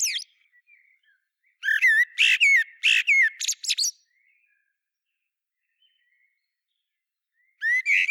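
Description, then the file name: Common blackbird singing: a few rapid fluty notes with high squeaks, then a long silence before a final phrase begins. "Turdus merula"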